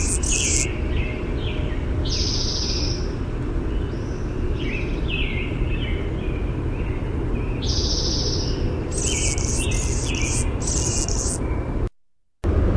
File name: ANHU song